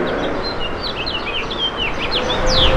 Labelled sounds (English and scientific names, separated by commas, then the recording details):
House Finch (Haemorhous mexicanus) song
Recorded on Long Island, New York, on 1 June 2012
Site JH
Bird D